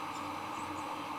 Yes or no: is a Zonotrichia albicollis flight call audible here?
no